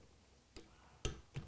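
A connecting rod bolt on an AeroVee aircraft engine crankshaft is tightened with a click-type torque wrench set to a very light 8 lb-ft. A soft tick at 0.6 s comes first, then the wrench gives a sharp click at 1.1 s as it reaches torque, followed by smaller taps at 1.4 and 1.5 s.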